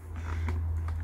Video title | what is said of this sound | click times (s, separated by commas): MOMAN H2 Headset - Einbau - Reichweite - Qualität - Handling - was taugt das Billig Headset ??? | 它已经卡住了，现在安装它有点紧所以不会 | 0.5 s